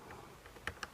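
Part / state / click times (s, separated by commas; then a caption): keyboard lock latch in laptop case / not seated / none. Someone turns the keyboard retaining lock latch in the case of a PowerBook G4 Titanium DVI laptop back toward its locked position, producing faint handling noise and two small sharp clicks near 0.7 and 0.8 seconds. The part has not yet seated or locked into place by the end of the clip.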